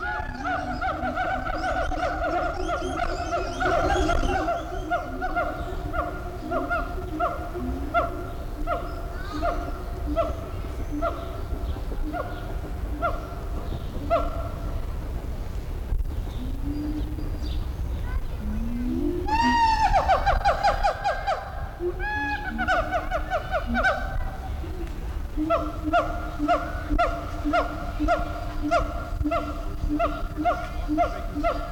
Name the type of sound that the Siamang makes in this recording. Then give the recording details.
call. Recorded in captivity. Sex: diverse. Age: adult. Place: Zoo Berlin, Berlin, DE. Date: 1994-04-06 10:10. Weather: wolkig bis heiter, 20-27°C. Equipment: Marantz CP 430, Sennheiser ME 80, Kopie Uher Variocord 263. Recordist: Tembrock, Günter